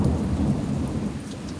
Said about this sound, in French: Il y a juste le bruit de la pluie qui tambourine sur les verrières.